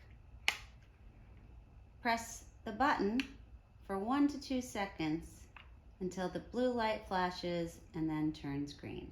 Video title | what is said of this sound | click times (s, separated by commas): How to install the batteries in your Safer Alarm sensor | put the top back on until you hear a click | 0.5 s